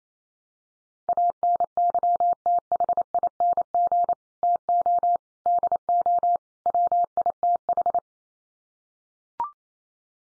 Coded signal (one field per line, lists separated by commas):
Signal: Morse code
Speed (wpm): 28 wpm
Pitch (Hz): 700 Hz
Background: none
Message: ANYTHING TO DO WITH